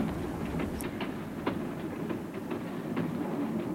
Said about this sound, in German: Es war eine angenehme Fahrt und pünktlich erreichte der Zug den Bahnhof Kleintantow.